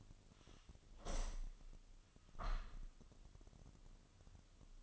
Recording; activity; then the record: daily activity, microphone in the room; open window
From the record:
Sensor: 4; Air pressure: 1005.5 hPa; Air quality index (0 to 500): 92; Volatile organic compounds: 2 ppm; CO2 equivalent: 1130 ppm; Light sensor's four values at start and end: 13/29/11/11 and 13/29/11/11